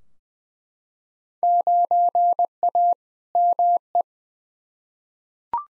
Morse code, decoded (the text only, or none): 9A ME